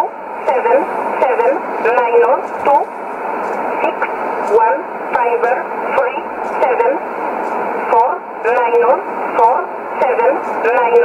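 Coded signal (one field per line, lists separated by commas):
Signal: numbers station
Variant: E11 Oblique, English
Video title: 15 03 2017 Numbers station E11 Oblique in English to Eu 0813 on 11450 in USB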